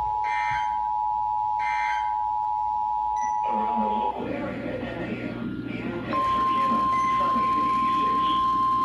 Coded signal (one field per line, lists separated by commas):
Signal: Emergency Alert System (SAME) tones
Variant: 853 and 960 Hz attention tone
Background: speech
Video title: First RWT on the 996! Required Weekly Test on WXJ97 & 100.7 K264AS. [EAS #1,575 - #1,576]